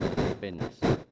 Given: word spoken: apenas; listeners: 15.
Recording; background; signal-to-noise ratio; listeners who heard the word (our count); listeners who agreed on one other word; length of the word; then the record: one Spanish word in noise, from a listening test; noise modulated by one talker; -11.8 dB; 1 of 15; 8 of 15; 0.71 s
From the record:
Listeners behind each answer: 8, 2, 1, 1, 1, 1, 1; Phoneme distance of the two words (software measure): 7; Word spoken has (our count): 3 syllables, 6 phonemes, stress on syllable 2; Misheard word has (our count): 2 syllables, 5 phonemes, stress on syllable 1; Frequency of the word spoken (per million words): 160.20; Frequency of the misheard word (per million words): 22.00